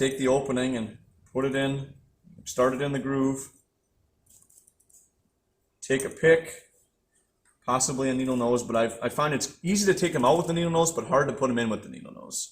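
On a Yamaha Blaster ('88-06) top end being rebuilt with an eBay top end kit, the opening of a piston wrist pin circlip is put into the piston pin bore and started in its groove, to be walked home afterward. Someone talks throughout, and light metallic rattles are heard between about 4.3 and 4.9 s. The circlip has not seated or clicked into place yet.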